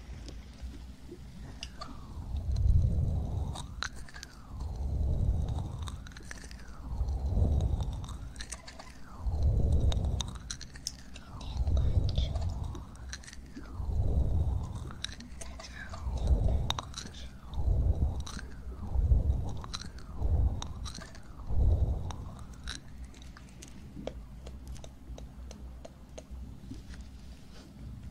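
Ear cleaning and ear massage: slow, regular swishing rubs repeat about every one and a half seconds, each swelling and fading with a low muffled thump and a rising-falling whoosh. Faint crackles and soft taps run throughout, and the rhythm loosens near the end.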